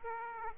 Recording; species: mosquito wingbeat signal from an infrared sensor; Aedes aegypti